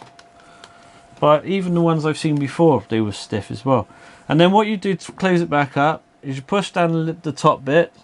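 A 2011 Thundercats Deluxe Sword of Omens plastic toy sword bought from eBay is handled while someone talks, explaining that its extendable blade section is stiff rather than broken and that the top part is pushed down into the hilt to close it back up. Two faint, brief ticks sound at about 0.2 s and 0.6 s before the speech. The clip ends before the blade goes home, and nothing has seated or clicked yet.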